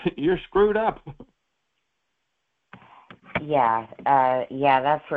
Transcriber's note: laughs